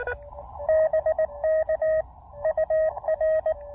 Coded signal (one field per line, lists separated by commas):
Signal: Morse code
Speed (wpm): 21 wpm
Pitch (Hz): 590 Hz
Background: radio noise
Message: BK UR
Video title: A One Watt, Low-Profile POTA Activation: Avoiding the Labor Day crowds by going off-trail!